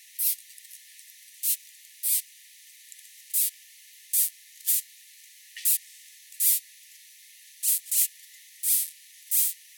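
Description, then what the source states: Ant stridulation: about a dozen short, hissing, scratchy bursts at uneven intervals, against a quiet background. Neotropical sympatric ants; stridulations used to reveal cryptic speciation.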